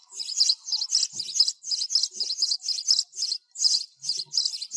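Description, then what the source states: Sparrow giving rapid high chirps in close succession, some doubled, continuing across the whole stretch. Sparrow calling to its flock.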